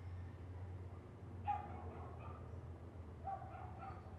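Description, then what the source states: Dog letting out a few brief, fairly faint yaps, with a continuous low drone underneath. Constant yapping dog heard as neighbourhood background ambience.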